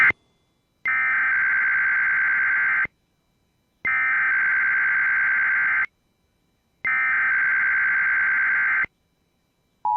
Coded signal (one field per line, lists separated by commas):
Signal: Emergency Alert System (SAME) tones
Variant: header bursts